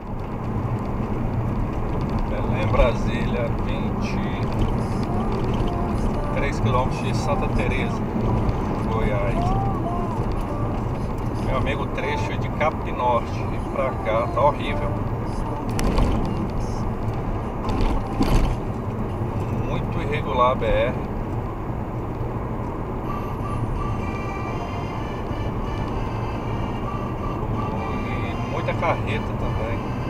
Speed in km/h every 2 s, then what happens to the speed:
91, 91, 91, 91, 91, 91, 91, 89, 89, 89, 91, 92, 91, 93, 96.
0-18 steady at about 91. 18-30 speeds up to 96.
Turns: none.